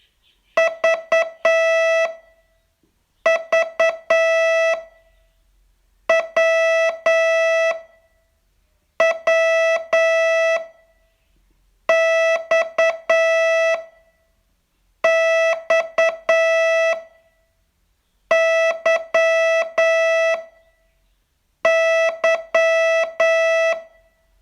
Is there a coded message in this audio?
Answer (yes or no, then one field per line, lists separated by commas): yes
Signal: Morse code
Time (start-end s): 0.6-23.7 s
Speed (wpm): 9 wpm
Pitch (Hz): 660 Hz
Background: music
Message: V V W W X X Y Y